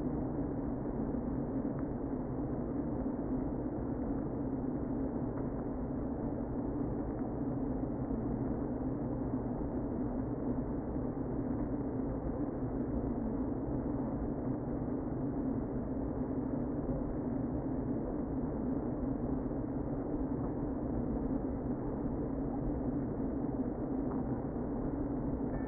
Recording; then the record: honeybee colony, microphone inside the hive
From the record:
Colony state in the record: queen present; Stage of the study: before two queens were removed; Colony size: about 60,000 bees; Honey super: yes